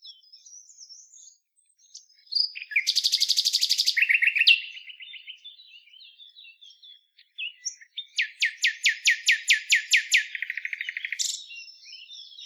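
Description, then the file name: Common nightingale song: a dense buzzy trill, then loud rapid repeated notes dropping into a fast rattling series, with soft twittering between phrases. "Luscinia megarhynchos"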